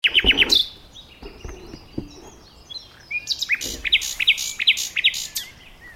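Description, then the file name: Common nightingale song opening with a quick burst of notes, then, after a quieter stretch, about five loud downslurred notes repeated in a rhythmic series. "Luscinia megarhynchos"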